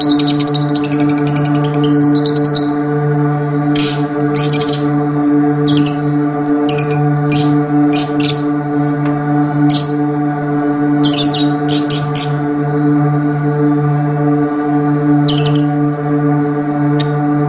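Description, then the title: Oriental magpie-robin song: bursts of harsh, buzzy notes and brief whistles, clustered at the start, then scattered phrases every second or two over a steady low electrical hum. "Kicau Kacer"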